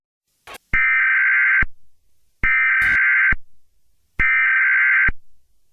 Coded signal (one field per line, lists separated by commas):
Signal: Emergency Alert System (SAME) tones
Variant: header bursts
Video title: Mini EAS, LEAVE AND RUN. (Epilepsy warning!)